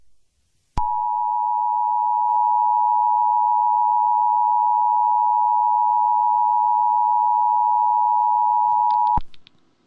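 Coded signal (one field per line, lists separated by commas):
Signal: Emergency Alert System (SAME) tones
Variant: 853 and 960 Hz attention tone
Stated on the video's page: Fictional meltdown scenario with evacuation.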